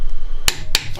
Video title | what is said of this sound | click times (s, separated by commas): Ford Focus ST RS - Inner CV Boot Replacement | I've got my tool on there I'm just gonna turn it until they click now | 0.5 s, 0.8 s